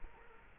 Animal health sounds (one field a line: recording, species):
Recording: mosquito wingbeat signal from an infrared sensor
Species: Culex quinquefasciatus